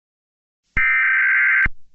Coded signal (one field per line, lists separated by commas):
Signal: Emergency Alert System (SAME) tones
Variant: header bursts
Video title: EAS scenario dandys world twisted infection